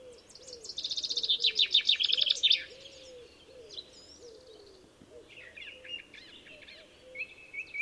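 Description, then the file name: Common chaffinch song: a loud, fast series of notes ending in a flourish, then other birds calling, with low repeated notes from another bird beneath. "Fringilla coelebs"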